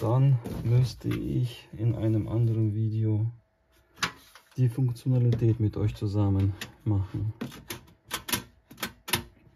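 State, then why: Seated. Someone talks while unboxing a portable gas stove, then a locking part on the stove is pushed in, giving a series of sharp clicks from about 7.9 s. It engages with a click at 9.1 s and is seated, the same way as on an older stove.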